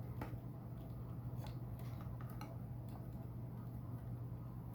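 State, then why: Not seated. A plastic fire-breath effect part is handled and fitted into the mouth of an S.H. MonsterArts Rathalos dragon figure. Small plastic taps and handling knocks come at about 0.2, 2.0, 2.2 and 2.4 seconds over a steady low hum. The part has not clicked or seated yet.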